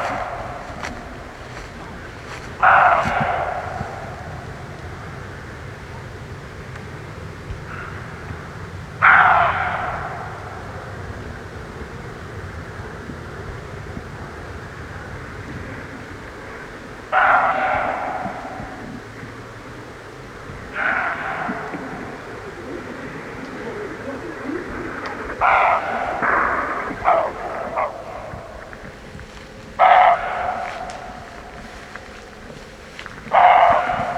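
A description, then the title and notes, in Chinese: A small dog gives short, sharp yaps every few seconds, clustering near the end, over a steady low rumble of traffic. 比利时比尔贝克 感觉有条小犬。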